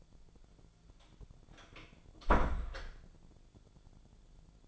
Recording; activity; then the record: daily activity, microphone in the room; close door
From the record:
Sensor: 5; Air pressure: 1000.6 hPa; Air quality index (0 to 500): 152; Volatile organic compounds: 2 ppm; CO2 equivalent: 1170 ppm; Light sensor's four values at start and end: 48/112/46/49 and 48/112/47/50